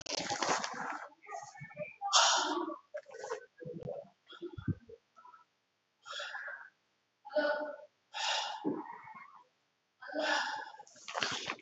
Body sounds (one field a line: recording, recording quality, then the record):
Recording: deep breathing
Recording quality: excellent, no background noise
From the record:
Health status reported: COVID-19 positive, mild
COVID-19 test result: positive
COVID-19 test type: RT-PCR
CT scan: not taken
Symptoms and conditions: cough, cold, fever, fatigue, loss of smell and taste, hypertension, diabetes, another condition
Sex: male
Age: 56 years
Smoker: no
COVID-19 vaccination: none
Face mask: not worn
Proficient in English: yes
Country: India